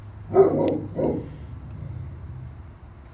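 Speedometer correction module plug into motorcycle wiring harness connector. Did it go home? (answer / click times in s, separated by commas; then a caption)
yes / 0.7 s. The plastic plug of a SpeedoDRD speedometer-correction module is pushed onto the wiring harness connector of a 2006 GSX-R 600 motorcycle, with short muffled rustling bursts around it. A sharp click at 0.7 s marks the plug seating into place.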